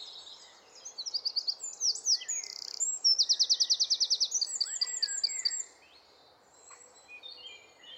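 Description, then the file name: Eurasian wren singing a shrill, hurried phrase of twittering notes and a rapid rattling trill, ending after about five seconds, followed by quiet with faint birds. "Troglodytes troglodytes"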